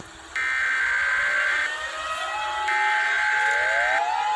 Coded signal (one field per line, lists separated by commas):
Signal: Emergency Alert System (SAME) tones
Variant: header bursts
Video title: eas alarms by spunky